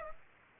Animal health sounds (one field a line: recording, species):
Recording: mosquito wingbeat signal from an infrared sensor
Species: Aedes aegypti